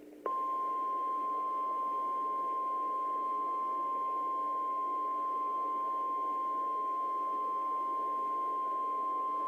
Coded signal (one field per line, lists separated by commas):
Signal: Emergency Alert System (SAME) tones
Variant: 1050 Hz attention tone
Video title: EAS Scenario - When Mega Hurricane Pooh Attacks (full)